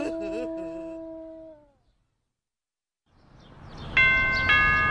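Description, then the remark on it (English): A doorbell chimes with steady, ringing tones that fade out, followed by a pause of silence, then a rising noisy wash with bright, sustained tones sounding over it. “Thank you for pressing our doorbell.”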